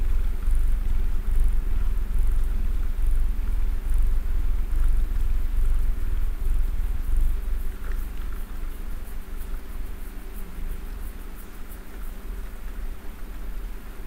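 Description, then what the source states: Domestic cat purr, a low continuous vibrating drone that eases slightly toward the end, with faint ticking sounds on top. Cat snuggling while purring.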